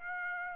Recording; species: mosquito wingbeat signal from an infrared sensor; Aedes aegypti